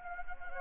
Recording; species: mosquito wingbeat signal from an infrared sensor; Anopheles gambiae